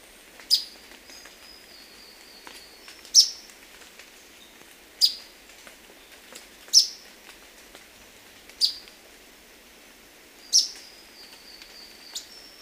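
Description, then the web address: Orange-bellied euphonia calls: sharp, high, clipped notes, each trailing into a thin tone, repeated several times. Ecuador. "Natures Songs S America Birds of Ecuador Orange-bellied Euphonia"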